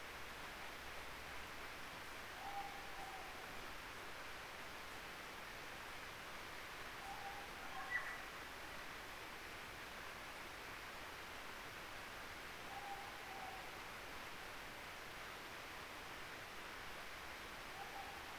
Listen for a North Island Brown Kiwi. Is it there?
no